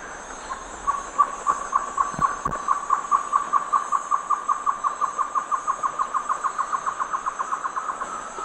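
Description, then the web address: Great antshrike song: hollow notes begin slowly and quicken into a long, even series. A couple of low thumps sound early on. South America, eastern lowlands. "Natures Songs S America Eastern Lowlands Great Antshrike"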